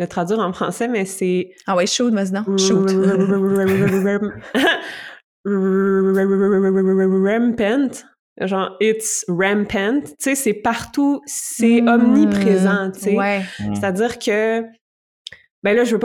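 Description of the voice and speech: An adult woman in conversation, speaking French mixed with English words, with long, strained sound prolongations before words, typical of adult stuttering.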